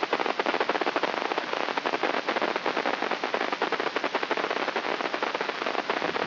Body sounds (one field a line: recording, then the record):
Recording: brain microelectrode recording played as sound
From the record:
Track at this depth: inside the subthalamic nucleus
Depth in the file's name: -0.158 mm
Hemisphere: right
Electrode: 3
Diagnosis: Parkinson's disease